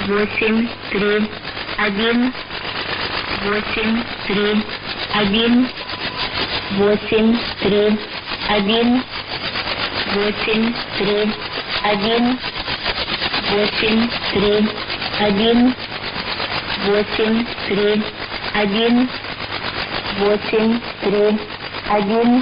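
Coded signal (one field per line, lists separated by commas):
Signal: numbers station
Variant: S06s Russian Lady, Russian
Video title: 02 10 2017 Numbers station S06s Russian Lady in Russian to Eu 1200 on 9145 unknown tx site in CUSB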